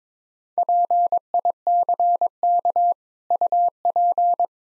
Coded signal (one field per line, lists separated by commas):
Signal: Morse code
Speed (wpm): 22 wpm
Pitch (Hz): 700 Hz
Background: none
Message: PICK UP